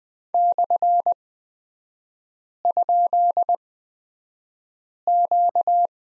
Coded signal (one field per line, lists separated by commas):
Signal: Morse code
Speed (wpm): 20 wpm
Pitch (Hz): 700 Hz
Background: none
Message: /?Q